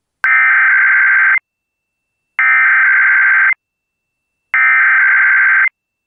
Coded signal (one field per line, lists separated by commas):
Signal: Emergency Alert System (SAME) tones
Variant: header bursts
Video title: EAS #401 - Required Monthly Test (AM/FM)